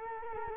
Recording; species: mosquito wingbeat signal from an infrared sensor; Culex quinquefasciatus